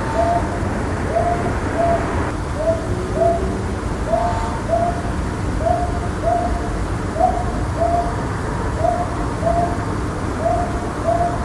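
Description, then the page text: Brown hawk-owl hoots in twos, soft and low, repeating steadily about every one and a half seconds, with a light hiss and a faint extra note now and then. Owl calling at night, May 10–20, 2014, at an antenna tower; calling was quite loud, thought to be seeking a mate before nesting. "Nights of May 10 to 20, 2014, a brown hawk owl (Ninox Scutulata) came to my antenna tower.夜、アオバズクがタワーに来て鳴くもので、結構うるさかった。営巣するために嫁さんでも探しているのだろう。"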